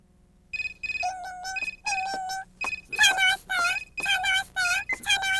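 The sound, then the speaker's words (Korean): An electronic telephone ringtone plays a bright melodic pattern of short repeated beeping notes, growing louder and more warbling partway through, with no talking over it, in the Korean dub of the Pokémon anime Season 1 as a call is made home from the Pokémon Center in Sangnok City. “전화나 할까?”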